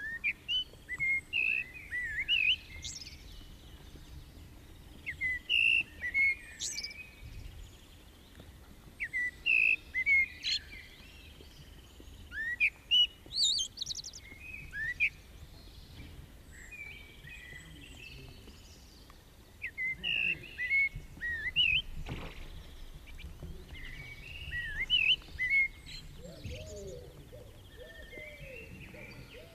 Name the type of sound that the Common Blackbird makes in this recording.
song